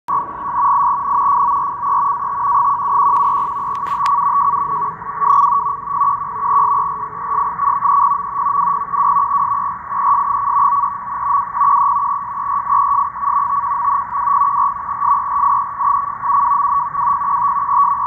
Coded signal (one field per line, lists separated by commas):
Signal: NAVTEX (SITOR-B)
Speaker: this is the reception of iqaluit navdex marine weather from the arctic uh from iqaluit nunavut and as you hear the signal is really strong